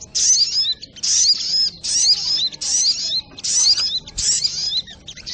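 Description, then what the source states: Little spiderhunter song: dense, high twittering phrases with bright whistles, in bursts separated by quiet gaps. Masteran training recording, labelled Labaik.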